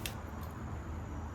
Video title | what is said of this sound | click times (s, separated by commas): Kijaro Dual Lock Folding Camp Chair Review (12 Tests!) | So, now when you set up the chair, it's just pressing the button and pulling the chair open until you hear a locking click. | 0.1 s